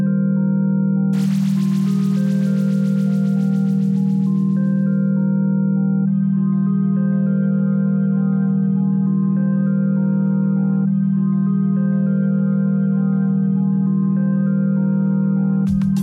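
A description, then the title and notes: Binaural beats: a steady low drone under layered tones that shift in slow steps, with a hissing wash early on and an abrupt ending. 90 minutes of Binaural Beats Meditation Frequencies and Tones adjusted to the psilocybin microdoser.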